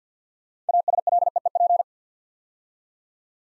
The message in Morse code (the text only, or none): ASLEEP